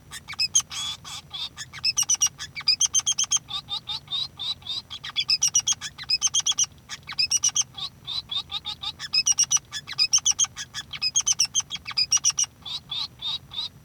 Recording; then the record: song of a male Bengalese finch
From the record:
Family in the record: son of father 3